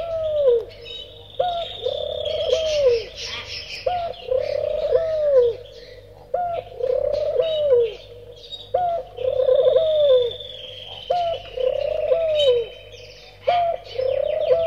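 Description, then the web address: European turtle dove giving deep, rolling purrs in short phrases repeated about every two seconds, while other birds whistle and twitter higher in the background. "versi degli animali tortora"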